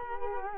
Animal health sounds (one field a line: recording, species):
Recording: mosquito wingbeat signal from an infrared sensor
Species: Culex quinquefasciatus